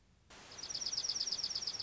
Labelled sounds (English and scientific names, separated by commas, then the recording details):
Dark-eyed Junco (Junco hyemalis)
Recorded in Sonoma County, California